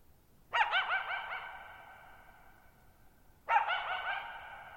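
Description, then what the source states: Coyote giving two loud quavering bark-yelps about three seconds apart, each wobbling then fading into a long echo. Lone coyote, night of July 14, 2019, near Thirtymile Meadows, Okanogan National Forest, Okanogan High Country, Pacific Northwest, 6400 ft (1950 m); shallow bowl-shaped meadow forming natural amphitheater, long reverberation.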